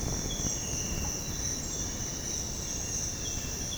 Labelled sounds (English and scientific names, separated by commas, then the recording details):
none
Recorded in dense forest near Puerto Asís, Putumayo, Colombia, on 29 June 2025 at 06:00
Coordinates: 0.486, -76.317
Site G065